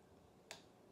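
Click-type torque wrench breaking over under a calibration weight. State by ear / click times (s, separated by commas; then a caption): torque reached / 0.5 s. During calibration, a weight hung on the handle of a click-type torque wrench set to its target value makes the wrench break over at 0.5 s. It gives a single sharp metallic click against a quiet background, confirming it clicks at the set value.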